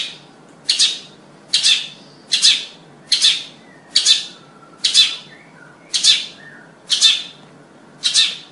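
Bird calls: short, harsh, high-pitched bursts repeated roughly once a second.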